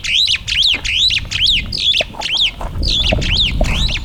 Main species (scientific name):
Lamprotornis superbus